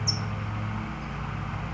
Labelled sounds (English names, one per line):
California Towhee